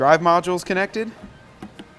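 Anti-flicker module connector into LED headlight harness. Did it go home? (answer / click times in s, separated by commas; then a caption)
yes / 1.8 s. Someone talks, then the plastic connector of an anti-flicker module for PUTCO Cool White Silver-Lux H13 LED headlight bulbs on a Jeep Wrangler is pressed into the LED headlight wiring harness. A short, sharp click at 1.8 s marks the connector snapping home, seated.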